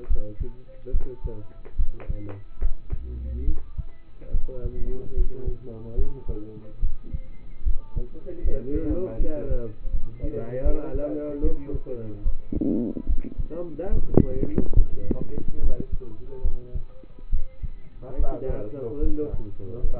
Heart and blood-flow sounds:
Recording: heart sounds by stethoscope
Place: between the tricuspid and mitral areas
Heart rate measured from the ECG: 73 bpm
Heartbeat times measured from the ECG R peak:
0.07 s: heartbeat
0.91 s: heartbeat
1.76 s: heartbeat
2.59 s: heartbeat
3.45 s: heartbeat
4.31 s: heartbeat
5.14 s: heartbeat
5.95 s: heartbeat
6.80 s: heartbeat
7.63 s: heartbeat
8.42 s: heartbeat
9.17 s: heartbeat
9.91 s: heartbeat
10.62 s: heartbeat
11.41 s: heartbeat
12.23 s: heartbeat
13.06 s: heartbeat
13.89 s: heartbeat
14.76 s: heartbeat
15.60 s: heartbeat
16.42 s: heartbeat
17.30 s: heartbeat
18.16 s: heartbeat
19.00 s: heartbeat
19.81 s: heartbeat
From the record:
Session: rest, lying down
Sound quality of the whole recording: partially saturated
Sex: male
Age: 27 years

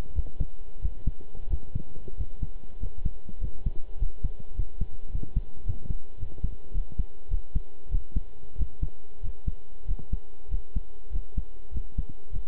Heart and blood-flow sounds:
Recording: heart sounds by stethoscope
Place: between the tricuspid and mitral areas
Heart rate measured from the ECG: 99 bpm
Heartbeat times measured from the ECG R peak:
0.14 s: heartbeat
0.81 s: heartbeat
1.49 s: heartbeat
2.16 s: heartbeat
2.79 s: heartbeat
3.39 s: heartbeat
3.98 s: heartbeat
4.55 s: heartbeat
5.10 s: heartbeat
5.65 s: heartbeat
6.18 s: heartbeat
6.73 s: heartbeat
7.29 s: heartbeat
7.90 s: heartbeat
8.57 s: heartbeat
9.21 s: heartbeat
9.86 s: heartbeat
10.49 s: heartbeat
11.11 s: heartbeat
11.72 s: heartbeat
12.31 s: heartbeat
From the record:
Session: pedaling a stationary bicycle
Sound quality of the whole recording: good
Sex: male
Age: 23 years

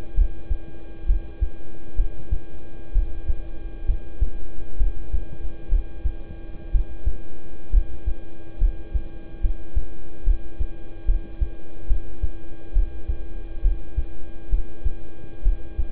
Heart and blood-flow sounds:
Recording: heart sounds by stethoscope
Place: between the tricuspid and mitral areas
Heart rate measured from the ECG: 67 bpm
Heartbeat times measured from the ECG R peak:
0.14 s: heartbeat
1.06 s: heartbeat
1.96 s: heartbeat
2.92 s: heartbeat
3.86 s: heartbeat
4.77 s: heartbeat
5.69 s: heartbeat
6.71 s: heartbeat
7.70 s: heartbeat
8.58 s: heartbeat
9.41 s: heartbeat
10.24 s: heartbeat
11.05 s: heartbeat
11.87 s: heartbeat
12.73 s: heartbeat
13.62 s: heartbeat
14.50 s: heartbeat
15.43 s: heartbeat
From the record:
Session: rest, lying down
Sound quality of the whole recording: good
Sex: male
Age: 26 years

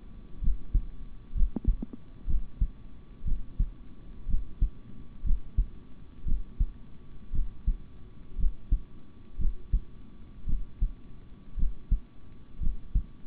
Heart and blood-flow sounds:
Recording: heart sounds by stethoscope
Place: between the tricuspid and mitral areas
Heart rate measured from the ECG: 59 bpm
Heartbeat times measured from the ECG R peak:
0.40 s: heartbeat
1.34 s: heartbeat
2.26 s: heartbeat
3.24 s: heartbeat
4.27 s: heartbeat
5.23 s: heartbeat
6.25 s: heartbeat
7.32 s: heartbeat
8.37 s: heartbeat
9.38 s: heartbeat
10.46 s: heartbeat
11.56 s: heartbeat
12.59 s: heartbeat
From the record:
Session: rest, sitting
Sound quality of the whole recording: good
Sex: male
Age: 26 years

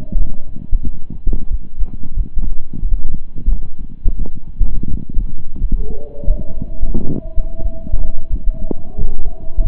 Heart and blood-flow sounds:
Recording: heart sounds by stethoscope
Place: between the tricuspid and mitral areas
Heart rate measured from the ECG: 89 bpm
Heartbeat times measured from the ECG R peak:
0.16 s: heartbeat
0.81 s: heartbeat
1.48 s: heartbeat
2.14 s: heartbeat
2.80 s: heartbeat
3.47 s: heartbeat
4.16 s: heartbeat
4.88 s: heartbeat
5.58 s: heartbeat
6.25 s: heartbeat
6.92 s: heartbeat
7.60 s: heartbeat
8.28 s: heartbeat
8.96 s: heartbeat
9.61 s: heartbeat
From the record:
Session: slow and fast walking with breaks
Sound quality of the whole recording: saturated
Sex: male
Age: 25 years

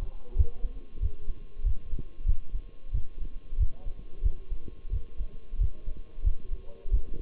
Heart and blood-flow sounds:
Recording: heart sounds by stethoscope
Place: between the tricuspid and mitral areas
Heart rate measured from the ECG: 92 bpm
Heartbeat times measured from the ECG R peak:
0.38 s: heartbeat
1.02 s: heartbeat
1.65 s: heartbeat
2.27 s: heartbeat
2.94 s: heartbeat
3.59 s: heartbeat
4.24 s: heartbeat
4.92 s: heartbeat
5.60 s: heartbeat
6.26 s: heartbeat
6.93 s: heartbeat
From the record:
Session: Bruce protocol treadmill stress test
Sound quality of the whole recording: partially saturated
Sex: male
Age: 23 years

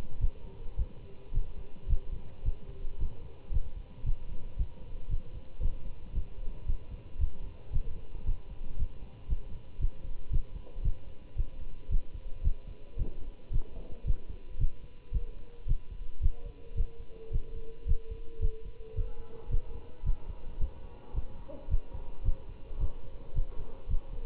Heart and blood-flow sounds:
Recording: heart sounds by stethoscope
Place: between the tricuspid and mitral areas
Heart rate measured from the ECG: 111 bpm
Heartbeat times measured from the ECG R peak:
0.19 s: heartbeat
0.76 s: heartbeat
1.32 s: heartbeat
1.87 s: heartbeat
2.43 s: heartbeat
2.98 s: heartbeat
3.51 s: heartbeat
4.04 s: heartbeat
4.57 s: heartbeat
5.09 s: heartbeat
5.60 s: heartbeat
6.13 s: heartbeat
6.66 s: heartbeat
7.18 s: heartbeat
7.71 s: heartbeat
8.25 s: heartbeat
8.77 s: heartbeat
9.28 s: heartbeat
9.79 s: heartbeat
10.31 s: heartbeat
10.83 s: heartbeat
11.36 s: heartbeat
11.89 s: heartbeat
12.42 s: heartbeat
12.97 s: heartbeat
13.51 s: heartbeat
14.05 s: heartbeat
14.58 s: heartbeat
15.12 s: heartbeat
15.66 s: heartbeat
16.21 s: heartbeat
16.75 s: heartbeat
17.31 s: heartbeat
17.86 s: heartbeat
18.40 s: heartbeat
18.95 s: heartbeat
19.49 s: heartbeat
20.04 s: heartbeat
20.59 s: heartbeat
21.14 s: heartbeat
21.69 s: heartbeat
22.23 s: heartbeat
22.79 s: heartbeat
23.34 s: heartbeat
23.88 s: heartbeat
From the record:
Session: Bruce protocol treadmill stress test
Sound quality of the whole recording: good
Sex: male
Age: 25 years

